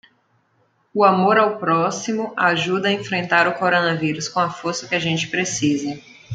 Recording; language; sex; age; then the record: spoken sentence; Brazilian Portuguese; female; 30 to 39 years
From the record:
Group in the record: control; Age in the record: 32 years